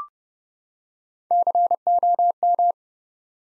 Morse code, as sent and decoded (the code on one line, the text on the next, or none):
-.-. --- --
COM